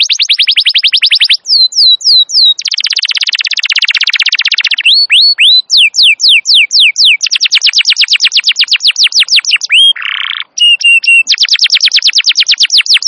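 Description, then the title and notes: Canary song of varied tours: quick trills, a dense buzzy roll, sweeping whistled notes and a short low warble, delivered almost without pause. Wild canary song used as a master recording to lure or train canaries; described as a long, highly active singer. "Pikat Kenari GACOR PANJANG INI Cocok Untuk Masteran KENARI LIAR. Masteran burung kenari gacor parah"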